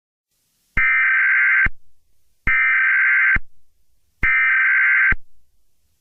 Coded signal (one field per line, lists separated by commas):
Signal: Emergency Alert System (SAME) tones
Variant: header bursts